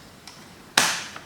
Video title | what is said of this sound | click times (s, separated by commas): TS420 Stihl 14 Cutquik Saw Repair | oh yeah nice satisfying snap and | 0.8 s